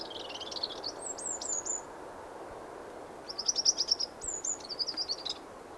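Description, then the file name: Eurasian wren song: two bursts of very high, rapid trilled and twittering notes, the second louder, over a steady background hiss. "Troglodytes troglodytes"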